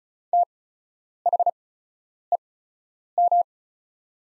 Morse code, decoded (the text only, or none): THEM